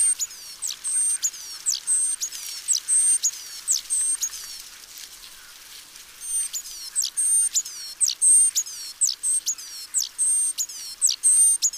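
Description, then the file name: Great tit calls: a series of high, sharp downward-sweeping notes mixed with thin level whistles, with a brief lull midway. "Parus major"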